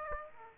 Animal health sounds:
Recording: mosquito wingbeat signal from an infrared sensor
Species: Aedes aegypti

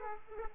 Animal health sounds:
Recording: mosquito wingbeat signal from an infrared sensor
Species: Aedes aegypti

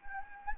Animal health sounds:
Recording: mosquito wingbeat signal from an infrared sensor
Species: Anopheles gambiae

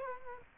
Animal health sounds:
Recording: mosquito wingbeat signal from an infrared sensor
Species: Culex quinquefasciatus

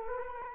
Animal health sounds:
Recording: mosquito wingbeat signal from an infrared sensor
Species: Culex quinquefasciatus

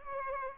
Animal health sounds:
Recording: mosquito wingbeat signal from an infrared sensor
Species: Culex pipiens

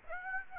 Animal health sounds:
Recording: mosquito wingbeat signal from an infrared sensor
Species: Aedes aegypti

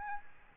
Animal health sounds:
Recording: mosquito wingbeat signal from an infrared sensor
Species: Aedes albopictus

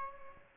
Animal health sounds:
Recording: mosquito wingbeat signal from an infrared sensor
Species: Aedes albopictus

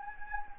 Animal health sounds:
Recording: mosquito wingbeat signal from an infrared sensor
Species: Anopheles gambiae

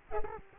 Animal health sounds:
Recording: mosquito wingbeat signal from an infrared sensor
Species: Culex quinquefasciatus

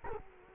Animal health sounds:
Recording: mosquito wingbeat signal from an infrared sensor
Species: Culex quinquefasciatus

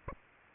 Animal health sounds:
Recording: mosquito wingbeat signal from an infrared sensor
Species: Aedes aegypti

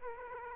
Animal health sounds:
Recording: mosquito wingbeat signal from an infrared sensor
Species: Aedes aegypti

